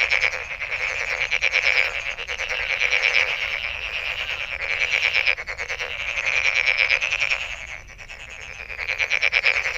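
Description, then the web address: Frogs calling in a dense chorus of rapid pulsed trills, overlapping and swelling and fading in waves, with no other sounds standing out. Recorded 23 May 2008. "misc sound frog frog 20080523"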